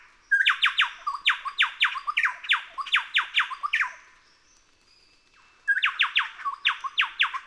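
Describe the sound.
Chowchilla delivering two bouts of fast, loud downslurred notes, separated by a quiet pause.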